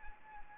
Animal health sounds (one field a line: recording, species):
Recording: mosquito wingbeat signal from an infrared sensor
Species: Anopheles arabiensis